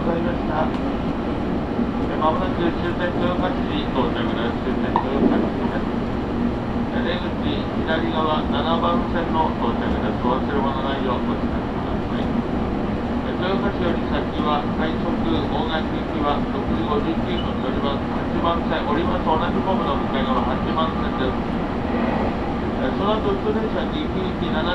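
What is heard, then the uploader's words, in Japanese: A Tokaido Main Line train running from Hamamatsu toward Toyohashi, heard as a steady low rumble and drone that holds an even level throughout. Voices murmur on and off over the noise, with faint clicks and rattles scattered across the whole stretch. 東海道本線 浜松→豊橋。6:20発の豊橋行きに乗車して。多少は通勤通学ラッシュにも入りこみます。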